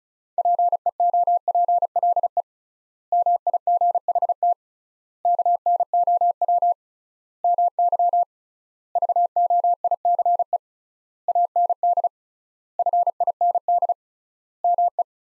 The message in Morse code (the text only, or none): PEOPLE MIGHT KNOW MY VOICE AND FIND ME